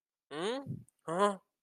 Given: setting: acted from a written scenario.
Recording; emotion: vocal sound without words; serenity